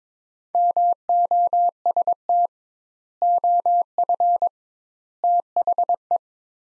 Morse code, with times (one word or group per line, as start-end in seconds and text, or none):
0.5-2.5 MOST
3.2-4.5 OF
5.2-6.2 THE